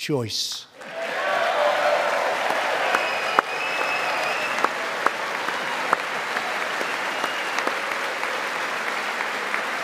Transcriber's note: applause